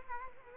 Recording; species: mosquito wingbeat signal from an infrared sensor; Culex quinquefasciatus